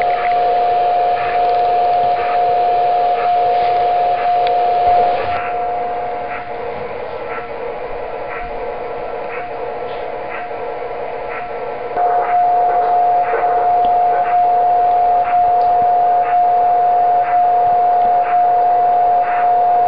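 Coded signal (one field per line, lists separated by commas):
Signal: radio time signal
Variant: DCF77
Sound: a steady beat tone with faint ticks each second, gone for several seconds mid-clip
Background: radio static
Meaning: The carrier's once-a-second keying encodes the current time and date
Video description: ] Dort dekodiert das Programm SoDiRa schließlich das Signal zur Darstellung der Uhrzeit und des Datums.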